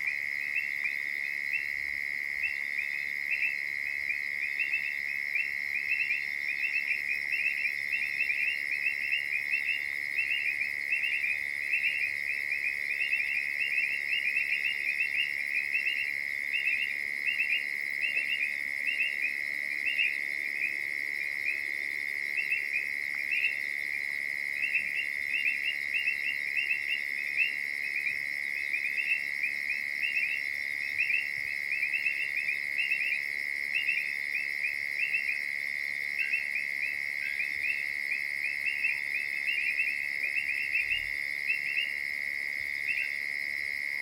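Insects trill steadily at dusk on the savanna, one bright, dense, unbroken chorus with a soft hum beneath it.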